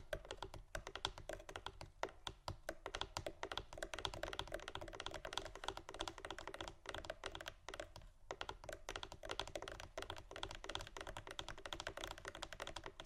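Fingers scratch and tap on cardboard boxes in a steady, busy run of dry clicks and scrapes with hardly any pause. The taps come quickly and irregularly, a little like typing, with brief gaps near two and eight seconds.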